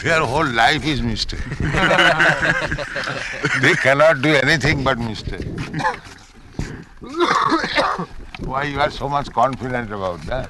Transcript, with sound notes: Their whole life is mistake. [laughter] They cannot do anything but mistake. Why you are so much confident about that?